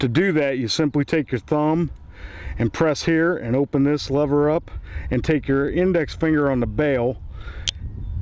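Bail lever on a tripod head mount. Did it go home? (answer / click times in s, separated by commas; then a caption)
yes / 7.7 s. Someone talks while pressing with a thumb to open the lever on a tripod's head-mount bail, then pulling the bail open with an index finger to accept the pan tilt head. A short, sharp click at 7.7 s marks the bail latching in the open position as its locking pin engages.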